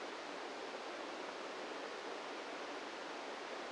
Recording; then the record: brain microelectrode recording played as sound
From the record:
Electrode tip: inside the subthalamic nucleus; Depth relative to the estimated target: -2 mm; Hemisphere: right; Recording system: NeuroSet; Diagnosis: Parkinson's disease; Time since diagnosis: 17 years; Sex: male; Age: 64 years